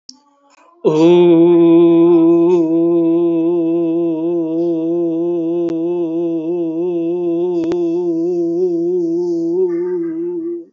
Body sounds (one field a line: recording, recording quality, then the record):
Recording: sustained vowel as in boot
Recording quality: excellent, no background noise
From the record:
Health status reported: healthy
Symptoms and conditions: diabetes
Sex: male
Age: 55 years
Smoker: not ticked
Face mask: not worn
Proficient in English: yes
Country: India